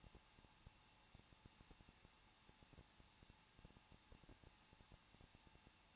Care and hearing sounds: daily activity, microphone in the room; no activity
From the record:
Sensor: 1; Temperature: 20.1 degrees Celsius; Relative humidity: 39.1%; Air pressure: 1006.4 hPa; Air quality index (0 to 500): 216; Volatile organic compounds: 74 ppm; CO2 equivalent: 3558 ppm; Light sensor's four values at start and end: 1/2/1/1 and 1/2/1/1

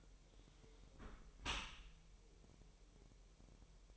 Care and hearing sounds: daily activity, microphone in the room; close dishwasher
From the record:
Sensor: 1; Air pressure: 1000.7 hPa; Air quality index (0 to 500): 249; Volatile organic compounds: 148 ppm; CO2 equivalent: 4013 ppm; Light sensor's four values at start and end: 11/28/11/12 and 11/28/11/12

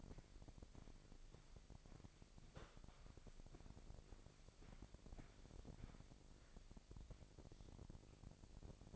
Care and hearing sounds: daily activity, microphone in the room; walk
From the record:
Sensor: 5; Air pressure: 1001.8 hPa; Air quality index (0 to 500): 185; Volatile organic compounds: 13 ppm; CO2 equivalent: 2383 ppm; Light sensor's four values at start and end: 33/106/40/43 and 33/106/40/43

